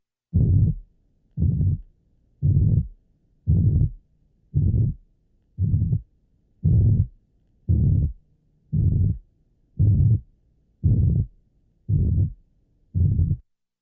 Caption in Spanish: La banda comprendida entre 70 y 110 produce un soplo retumbante de tono bajo.